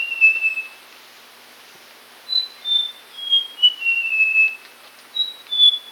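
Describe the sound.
Papuan logrunner giving clean whistles that slide and step downward, one phrase ending, then another descending series and a fresh high note starting.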